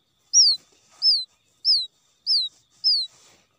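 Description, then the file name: Quail chick distress calls: five loud, high whistles, each dropping in pitch, about every 0.6 seconds. Quail chick calling for its mother after becoming lost from the flock. "tieng cut non keu goi me lac dan chuan"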